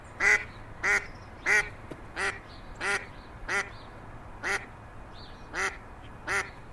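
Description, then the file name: Mallard quacks: nine loud, raspy calls in a quick, uneven series, several following one another within a second. "mallard duck sound"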